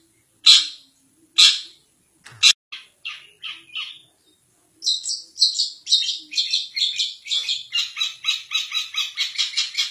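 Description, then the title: Long-tailed shrike gives three loud rasping notes, a few short softer notes, then a steady rapid chatter of harsh notes for the last five seconds. Masteran recording used for training cage songbirds, featuring various birds' chirping sounds. "cendet"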